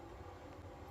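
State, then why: Not seated. A plastic extender piece is being lined up and pressed onto an Ocean Reef G Diver full-face diving mask. Only a steady, low, rumbling background hum with faint tonal bands is heard, with no distinct clicks or sudden sounds. Nothing has seated or clicked yet.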